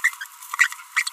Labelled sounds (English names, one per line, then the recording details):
Green-rumped Parrotlet babbling
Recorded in a nest box in Venezuela
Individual 18B25A4